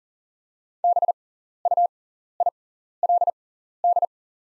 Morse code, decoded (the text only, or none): BUILD